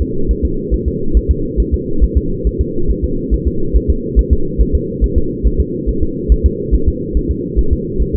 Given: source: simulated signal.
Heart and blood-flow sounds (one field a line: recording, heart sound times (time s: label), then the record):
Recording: fetal heart sounds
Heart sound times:
0.02 s: S2
0.31 s: S1
0.45 s: S2
0.74 s: S1
0.88 s: S2
1.17 s: S1
1.31 s: S2
1.60 s: S1
1.74 s: S2
2.04 s: S1
2.17 s: S2
2.47 s: S1
2.61 s: S2
2.91 s: S1
3.04 s: S2
3.34 s: S1
3.47 s: S2
3.77 s: S1
3.90 s: S2
4.19 s: S1
4.33 s: S2
4.61 s: S1
4.75 s: S2
5.04 s: S1
5.18 s: S2
5.47 s: S1
5.60 s: S2
5.89 s: S1
6.03 s: S2
6.32 s: S1
6.46 s: S2
6.75 s: S1
6.88 s: S2
7.17 s: S1
7.31 s: S2
7.59 s: S1
7.73 s: S2
8.02 s: S1
8.15 s: S2
From the record:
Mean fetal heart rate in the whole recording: 140 bpm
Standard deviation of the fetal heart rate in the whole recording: 2 bpm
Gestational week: 34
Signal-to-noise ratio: -8.1 dB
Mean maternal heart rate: 72 bpm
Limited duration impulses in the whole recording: absent